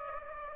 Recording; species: mosquito wingbeat signal from an infrared sensor; Anopheles gambiae